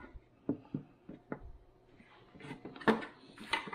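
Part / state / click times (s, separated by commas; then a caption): lid of a filament dryer box / not seated / none. The plastic lid of a Sunlu Filament Dryer Box S2 for 3D printing is closed repeatedly over a filament spool, producing a series of soft taps and knocks, with the loudest hits at about 2.9 and 3.5 seconds. The lid has not clicked shut; there is no latch click, and it just has to be wedged in place.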